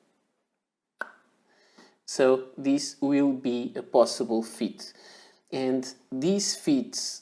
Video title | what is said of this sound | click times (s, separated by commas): Wing Sung 670 Yellow - review | it gets to fit and you can even hear the pop sound when it comes off | 1.0 s